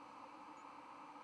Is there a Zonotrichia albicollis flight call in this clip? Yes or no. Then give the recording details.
no. Another species' flight call is heard. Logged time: 02:38 on 5 November 2014